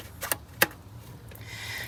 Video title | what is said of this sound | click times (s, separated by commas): Getting dirty with the street walker | you heard that click in place i heard it i hope you did | 0.6 s